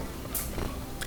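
A Bosch dishwasher controller module is handled during an E09 error repair, pushed in at a slight downward angle toward its plastic mounting slot so that it can be pushed down on its left side to lock in place. Only low, steady handling noise is heard, with brief faint scraping rustles near 0.4 s and 1.0 s. Nothing has seated or clicked yet.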